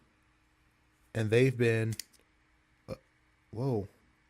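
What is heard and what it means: A button-lock folding knife is handled as its blade is opened toward the lock in the handle, while someone talks. A brief faint tick sounds near 2.9 s between the speech, but the clip ends before the blade locks, so nothing has seated or clicked yet.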